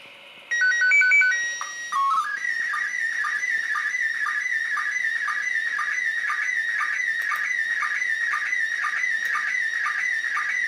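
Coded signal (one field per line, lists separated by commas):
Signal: SSTV (slow-scan television)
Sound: quick alternating beeps, a steady whistle, a chirpy code, then a warbling tone with regular ticks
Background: radio static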